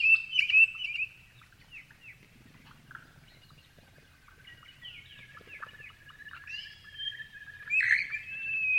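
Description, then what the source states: Grey-fronted honeyeaters chirping: scattered squeaky chirps and short down-slurred notes, with louder bursts at the start and the end. Several grey-fronted honeyeaters chirping.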